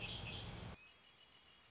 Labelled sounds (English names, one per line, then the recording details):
Red-winged Blackbird
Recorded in Sonoma County, California